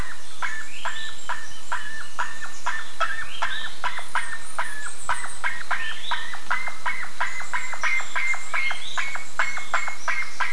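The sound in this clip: Bird giving rapid harsh chirps, nearly three per second, with higher twitters behind them throughout.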